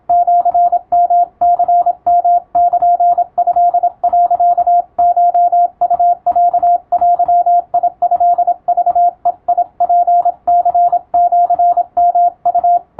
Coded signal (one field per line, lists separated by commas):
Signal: Morse code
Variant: Japanese Wabun code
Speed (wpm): 26 wpm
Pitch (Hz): 700 Hz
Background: radio noise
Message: シヨニヨルト、コウロデトクベツニシヨウ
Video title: 毎日聴いて2023GWにマスターしよう！和文モールス信号！通信士国家試験の無線電報形式、設定で速度を調整して受信練習を始めよう(morse code practice radio operator )